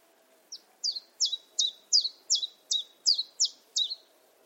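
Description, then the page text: Common chiffchaff singing a run of bright, high notes that dip in pitch, repeated about every 0.4 seconds over a low, quiet hum. "Jerome Fischer - Пеночка-теньковка Common Chiffchaff (Phylloscopus collybita)"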